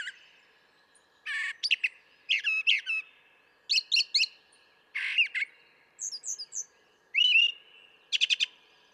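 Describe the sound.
Brown thrasher song with repeated couplets of harsh, buzzy notes and rising whistles, some phrases tripled, delivered in quick succession.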